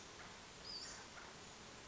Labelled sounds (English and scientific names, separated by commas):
Western Flycatcher (Empidonax difficilis)